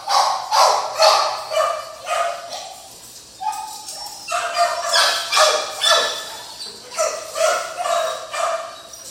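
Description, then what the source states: Dog barking loudly, short harsh barks in irregular bursts, a brief lull midway before the barking picks up again. Dogs at a kennel.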